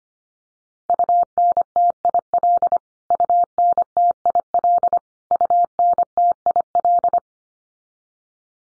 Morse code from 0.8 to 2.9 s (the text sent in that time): UNTIL